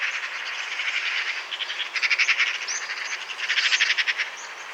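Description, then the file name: Eurasian magpie chatter, loud dry rattling bursts of quick pulses, several runs in succession. "Pica pica"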